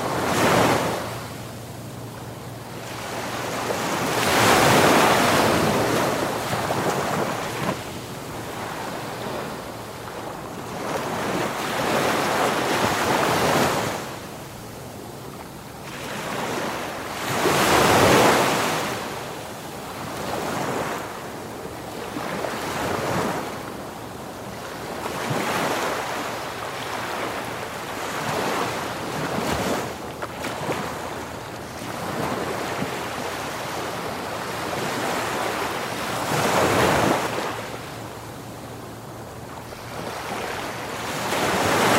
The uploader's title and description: Gulf of Mexico Ocean Waves. The gentle ebb and flow of the tide, the soothing sounds of the waves lapping against the shore, and the calming seagull cries